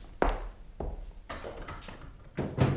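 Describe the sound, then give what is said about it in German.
A locked upper desk drawer is tugged and rattled several times, giving a series of uneven wooden knocks and clatters, with a louder double jolt at the end. “Die ist ja verschlossen. Ich schließe die Schublade immer ab, wenn ich das Zimmer verlasse.”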